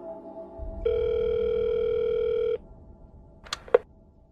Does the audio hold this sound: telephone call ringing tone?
yes